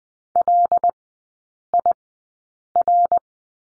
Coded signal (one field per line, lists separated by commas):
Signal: Morse code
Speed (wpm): 20 wpm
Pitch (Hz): 700 Hz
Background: none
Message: LIR